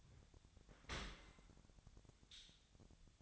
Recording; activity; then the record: daily activity, microphone in the room; open dishwasher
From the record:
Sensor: 3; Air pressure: 1006.7 hPa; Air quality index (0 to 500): 207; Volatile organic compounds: 19 ppm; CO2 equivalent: 2648 ppm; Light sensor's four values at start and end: 11/26/11/10 and 11/26/11/10